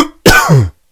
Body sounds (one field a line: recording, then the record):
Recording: coughing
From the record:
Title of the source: Coughing 51